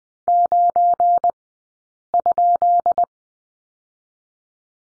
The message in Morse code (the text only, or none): 9?